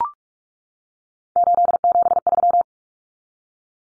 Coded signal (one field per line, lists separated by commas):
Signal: Morse code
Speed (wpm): 44 wpm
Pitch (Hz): 700 Hz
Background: none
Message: 873